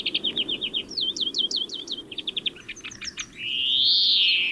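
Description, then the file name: European greenfinch giving rapid twittering trills and chirps, ending in a long wheezy note. "Chloris chloris"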